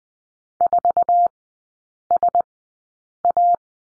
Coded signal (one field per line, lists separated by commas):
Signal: Morse code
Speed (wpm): 19 wpm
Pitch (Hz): 700 Hz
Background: none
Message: 4SA